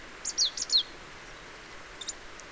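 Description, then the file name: Marsh tit calls, four brisk high notes, some falling in pitch, followed by faint scattered chips against steady hiss. "Poecile palustris"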